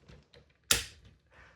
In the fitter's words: The arms do I guess that is the benefit to the arm pieces. They have the most satisfying snap